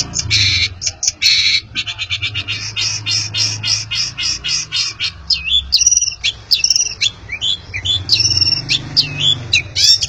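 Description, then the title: Long-tailed shrike song of quick harsh chattering notes, then varied whistled and squeaky phrases in a continuous stream, with a low background hum. Competition champion bird. "Kicau Burung Cendet Juara"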